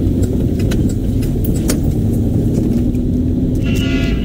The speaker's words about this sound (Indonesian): Saat macet, kondisi berhenti jalan, mesin mobilmu bekerja sangat berat dalam suhu yang tinggi.